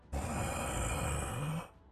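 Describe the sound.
A creature slowly exhales in a rasping breath lasting about a second and a half, steady and breathy with a low rattling rumble underneath, then fades out. No one speaks.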